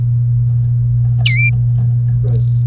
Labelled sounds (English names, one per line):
Domestic Canary song